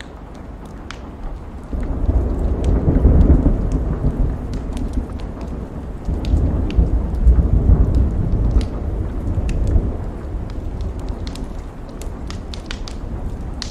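A fire crackles on a rainy night, sharp pops scattered throughout over a low rushing rumble that swells twice before easing off.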